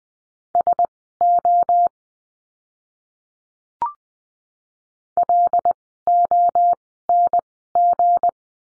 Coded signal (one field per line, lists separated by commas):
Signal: Morse code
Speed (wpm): 20 wpm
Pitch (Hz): 700 Hz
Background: none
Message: SO LONG